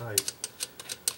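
A metal AC compressor mounting bolt is turned with a ratchet into the mounting hole on the engine bracket of a 2008 BMW 535xi, while someone talks. The ratchet ticks in a series of short, sharp clicks, the loudest at 1.1 s, but the bolt never bites and spins in the stripped thread, which has no threads left.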